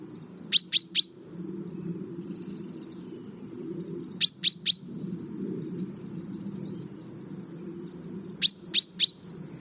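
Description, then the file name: Common chaffinch repeats a triplet of sharp high call notes roughly every four seconds, with a low continuous rumble and faint other bird sounds underneath. "Fringilla coelebs"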